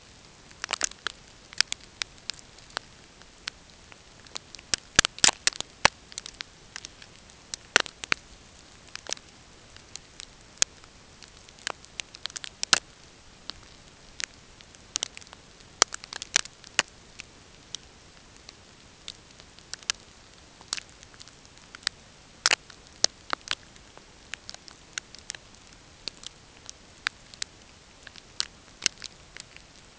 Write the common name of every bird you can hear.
none